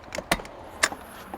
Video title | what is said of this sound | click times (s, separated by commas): 2015 TIFFIN PHAETON, HEATED TILE, LOW MILES, AQUA HOT. $169,950 | all the doors open, very satisfying click. | 0.3 s, 0.8 s